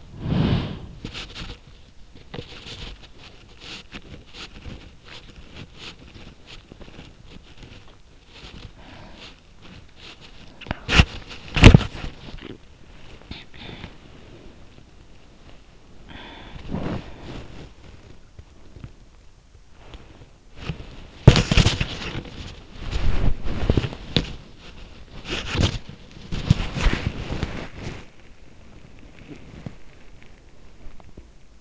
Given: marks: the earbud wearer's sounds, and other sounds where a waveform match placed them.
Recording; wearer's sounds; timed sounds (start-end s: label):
sounds in sleep by an in-ear microphone; breath, body movement, teeth grinding, talking in sleep
0.00-1.02 s: breath
0.57-30.99 s: body movement
3.60-8.06 s: teeth grinding
8.29-9.71 s: breath
10.83-11.14 s: talking in sleep
12.03-12.75 s: teeth grinding
13.06-14.04 s: talking in sleep
15.83-16.81 s: breath
30.73-31.61 s: teeth grinding